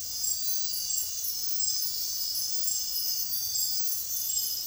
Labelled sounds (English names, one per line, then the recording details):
none
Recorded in dense forest near Puerto Asís, Putumayo, Colombia, on 9 March 2025 at 04:30
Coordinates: 0.503, -76.323
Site GP09